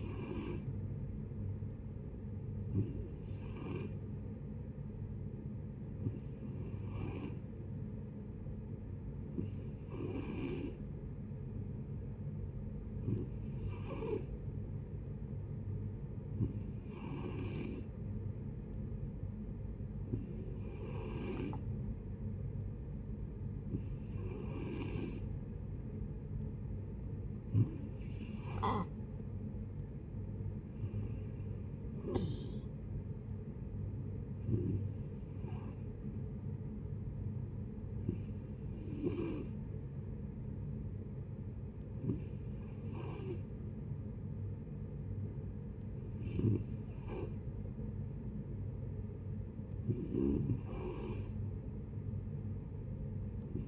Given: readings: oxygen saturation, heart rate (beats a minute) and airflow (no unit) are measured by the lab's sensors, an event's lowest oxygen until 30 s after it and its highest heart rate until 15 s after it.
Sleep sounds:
breathing in sleep by a smartphone at the bedside; 1
16.00-31.20 s: hypopnea (N2, oxygen 91% highest, then 90% lowest)
28.00-53.68 s: new sleep stage, N1 (lightest sleep)
From the record:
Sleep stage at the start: N2 (light sleep); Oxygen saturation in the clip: 90 to 92%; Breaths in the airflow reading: 15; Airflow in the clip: -7.7 to 9.1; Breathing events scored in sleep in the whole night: 496 in 5.4 hours asleep

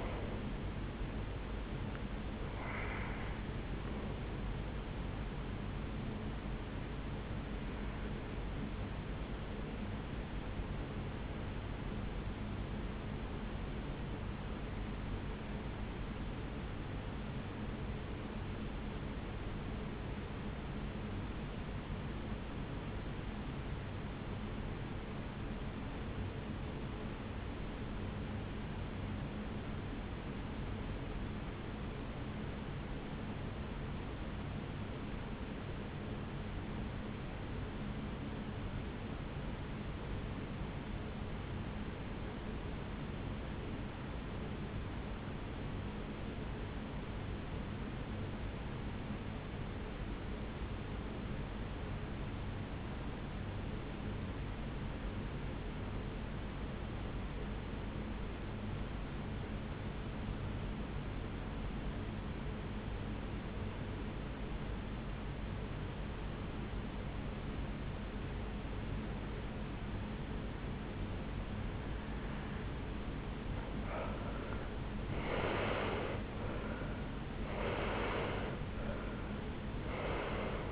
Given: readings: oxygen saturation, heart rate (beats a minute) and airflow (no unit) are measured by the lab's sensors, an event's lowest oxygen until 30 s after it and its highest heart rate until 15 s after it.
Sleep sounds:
breathing in sleep by a voice recorder at the bedside; 1
12.00-72.90 s: hypopnea (N1, oxygen 96% highest, then 70% lowest, heart rate 61 at the start, 85 highest)
14.00-74.00 s: new sleep stage, REM sleep
74.00-80.72 s: new sleep stage, N1 (lightest sleep)
From the record:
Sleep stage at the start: N1 (lightest sleep); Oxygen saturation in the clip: 74 to 96%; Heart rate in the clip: 58 to 84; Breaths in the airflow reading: 15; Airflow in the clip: -11.5 to 8.2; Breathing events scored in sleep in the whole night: 449 in 7.0 hours asleep

